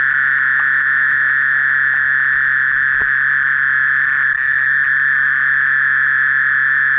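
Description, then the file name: Mole cricket trilling continuously, a level purring buzz with a few faint ticks in the background. "Gryllotalpa sp"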